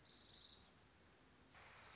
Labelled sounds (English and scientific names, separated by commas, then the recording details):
Orange-crowned Warbler (Leiothlypis celata)
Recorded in Sonoma County, California